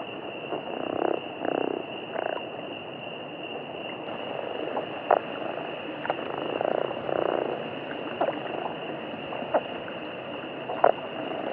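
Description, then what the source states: Chiricahua leopard frog giving several pulsed snores in bouts, over a continuous high-pitched hum. Arizona.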